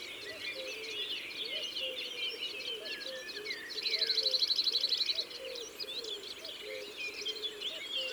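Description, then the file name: Cirl bunting song, a fast, dry, rattling trill on one high pitch lasting about a second and a half, with other birds chirping throughout. "Bruant-zizi ABC des chants doiseaux"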